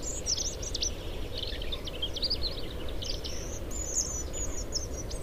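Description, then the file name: European robin song: very high, thin, sibilant notes and fast twitters running almost without a break, over a low, rumbling noise floor. "Erithacus rubecula"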